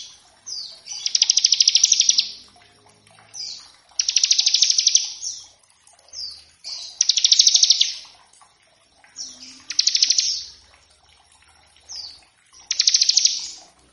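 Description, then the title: Bar-winged prinia song: short introductory notes leading into dense, buzzy high trills, repeated about every three seconds in a steady series. Lure and training recording to make birds sing, featuring a lively ciblek singing in a varied 'ngebren' style. "Masteran Ciblek Gacor Vs Kenari Gacor Untuk Masteran Semua Jenis Burung. Ciblek ngebren variasi masteran & pancingan ciblek. Burung Ciblek"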